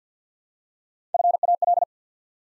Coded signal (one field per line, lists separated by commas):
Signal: Morse code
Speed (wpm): 50 wpm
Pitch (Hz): 700 Hz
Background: none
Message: FAL